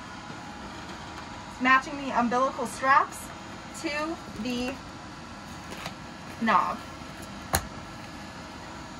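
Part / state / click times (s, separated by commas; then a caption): umbilical connector into a spacesuit simulator fitting / seated / 7.5 s. A colour-matched umbilical connector is pushed into its fitting on a spacesuit simulator while someone talks over a steady background hum. A single sharp click at 7.5 seconds marks the connector seating in place.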